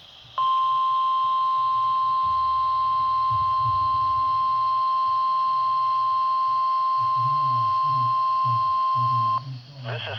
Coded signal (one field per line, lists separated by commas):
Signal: Emergency Alert System (SAME) tones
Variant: 1050 Hz attention tone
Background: speech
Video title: MAY THE TEST BE WITH YOU! (5/4/22)(EAS #904)